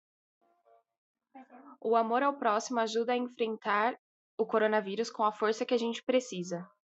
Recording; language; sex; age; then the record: spoken sentence; Brazilian Portuguese; female; 20 to 29 years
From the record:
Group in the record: control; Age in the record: 23 years